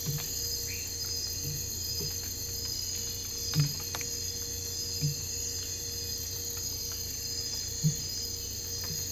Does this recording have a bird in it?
no